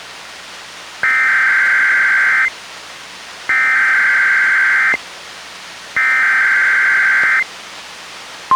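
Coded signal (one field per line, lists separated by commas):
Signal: Emergency Alert System (SAME) tones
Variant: header bursts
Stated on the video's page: Required Monthly Tests relayed by a NOAA Weather Radio station and FM broadcast stations, received on a weather radio and a stereo.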